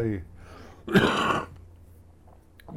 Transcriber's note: coughs